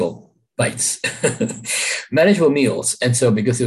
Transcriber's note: laughs